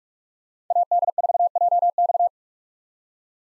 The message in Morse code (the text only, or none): AD4JX